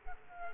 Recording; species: mosquito wingbeat signal from an infrared sensor; Culex quinquefasciatus